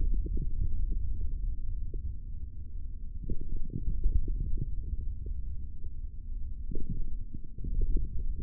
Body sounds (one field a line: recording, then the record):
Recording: forearm muscle sounds (acoustic myography)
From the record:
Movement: hand closing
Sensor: system 3, bracelet of six PUI Audio POM-2738L microphones around the upper forearm, with dedicated amplification and filtering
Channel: 3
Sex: male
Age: 23 years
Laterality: right